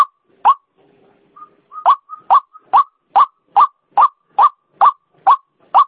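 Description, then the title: White-breasted waterhen giving harsh, croaking notes repeated steadily about twice a second, with a few whistled notes and faint low notes early on. Female; used as a lure sound. "Suara Pikat Ruak Ruak Betina"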